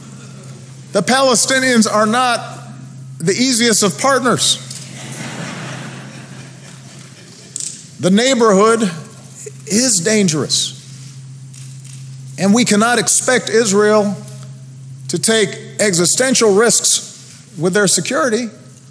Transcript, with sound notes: The Palestinians are not the easiest of partners. (Laughter.) The neighborhood is dangerous. And we cannot expect Israel to take existential risks with their security